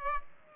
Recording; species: mosquito wingbeat signal from an infrared sensor; Aedes aegypti